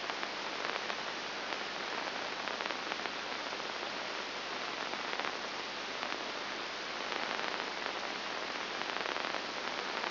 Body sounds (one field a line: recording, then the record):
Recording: brain microelectrode recording played as sound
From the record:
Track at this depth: inside the subthalamic nucleus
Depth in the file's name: 1.904 mm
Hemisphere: left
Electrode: 2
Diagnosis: Parkinson's disease